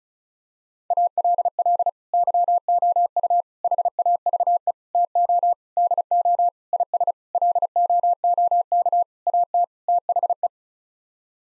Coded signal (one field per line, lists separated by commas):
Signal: Morse code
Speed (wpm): 34 wpm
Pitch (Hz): 700 Hz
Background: none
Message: ALL YOU HAVE TO DO IS LOOK AT THE